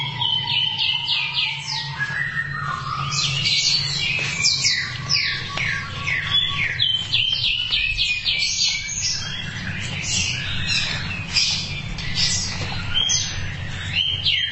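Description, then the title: Thrush pouring out a fast, varied song of repeated downslurred notes and high twitters, with brief lower whistles early on, over a constant low hum. "burung anis"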